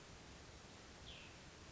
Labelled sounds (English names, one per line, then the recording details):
Cassin's Vireo
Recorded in Sonoma County, California